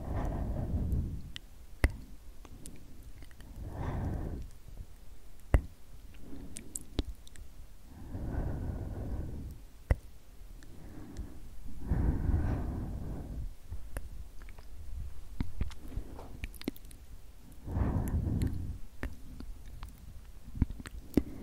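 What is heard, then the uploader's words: Slow, whispered "sk sk" sounds pass from ear to ear in soft breathy swells about every two to four seconds. Between them, sharp mouth clicks and tiny taps pop out, with a faint low rumble underneath and quiet gaps in between. Super Slow & Tingly SkSk from Ear to Ear Sleepy ASMR for Relaxation & White Noise.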